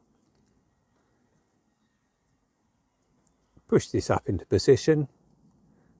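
A new wiper blade is fitted to the metal wiper arm of a BMW Z4 and rotated round to line it up so nothing is damaged, before it is pushed up into position. The clip is mostly quiet apart from a faint tick near 3.3 s, then someone talks from about 3.6 to 5.0 s. The blade has not clicked into place yet.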